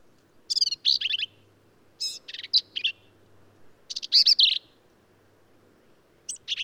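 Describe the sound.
Black-capped vireo song: short, varied phrases of squeaky, buzzy and burry notes high in pitch, delivered in separate bursts with brief pauses between them.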